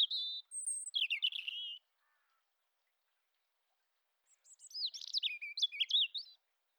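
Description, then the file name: European robin song: two separate phrases of high whistles and rapid liquid warbling, with a silent gap of over two seconds between. "Erithacus rubecula"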